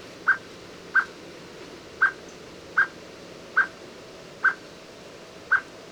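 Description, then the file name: Common blackbird calling with brief, hard chip notes, seven in a row at somewhat uneven intervals, against constant low background noise. "Turdus merula"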